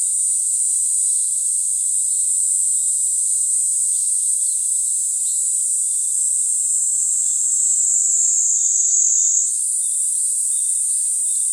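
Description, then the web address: Kaempfer cicada singing a continuous high, hissing buzz, steady throughout with a sudden pitch jump near the end. Recorded 28 June 2015. "birdenaga niiniizemi"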